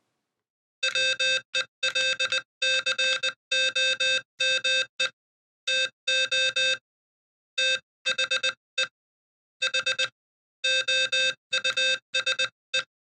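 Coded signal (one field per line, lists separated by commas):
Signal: Morse code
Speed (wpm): 20 wpm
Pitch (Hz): 2600 Hz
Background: none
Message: WELCOME TO THE HOUSE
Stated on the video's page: Morse sent with a Radio Adventure Gear paddle, an alternative to the Palm Pico paddle.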